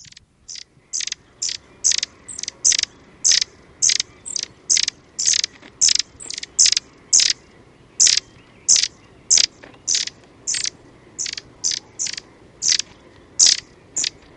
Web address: long-tailed tit